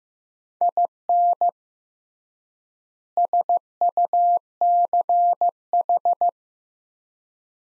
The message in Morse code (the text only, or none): IN SUCH